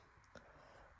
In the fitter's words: And then it just snaps back into place, I guess. Guys, look at that. Yep. Boom.